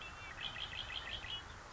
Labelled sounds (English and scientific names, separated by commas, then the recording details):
Red-winged Blackbird (Agelaius phoeniceus)
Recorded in Sonoma County, California